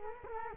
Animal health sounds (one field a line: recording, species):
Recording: mosquito wingbeat signal from an infrared sensor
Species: Culex quinquefasciatus